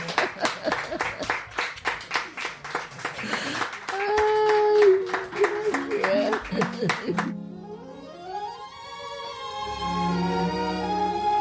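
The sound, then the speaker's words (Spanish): A burst of loud, steady rhythmic audience clapping at a live radio show in Gijón for a few seconds, then sustained tones and gliding musical notes take over as the clapping fades. “Se aplauso fuerte, por favor.”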